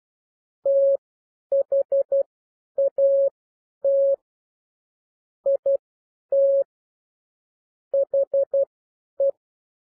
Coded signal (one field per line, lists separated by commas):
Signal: Morse code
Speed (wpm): 12 wpm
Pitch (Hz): 550 Hz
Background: none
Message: THAT IT HE